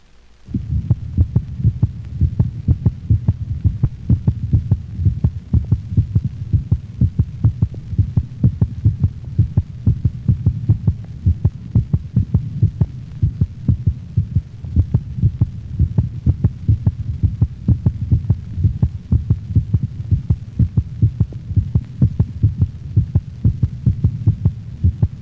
Sinus arrhythmia, a normal variation in cardiac rate, is related to respiration in dogs. The normal heart sounds of a dog heard over the mitral valve region near the left 5th intercostal space at the sternal border.